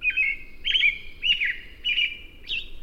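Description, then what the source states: American Robin song: several clear whistled phrases, evenly spaced, with faint low background noise. Described as a serenade, one of the bird sounds that announce spring, heard before the season is seen or felt.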